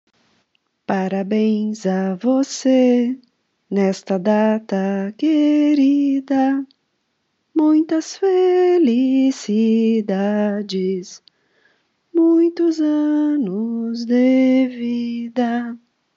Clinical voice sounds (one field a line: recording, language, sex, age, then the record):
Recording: short text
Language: Brazilian Portuguese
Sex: female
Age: 40 to 49 years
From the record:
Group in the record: control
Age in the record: 47 years